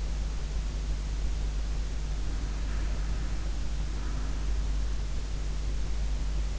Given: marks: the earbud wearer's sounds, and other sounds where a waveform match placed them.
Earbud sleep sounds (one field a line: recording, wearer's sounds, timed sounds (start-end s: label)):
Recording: sounds in sleep by an in-ear microphone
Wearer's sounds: breath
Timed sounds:
2.15-4.86 s: breath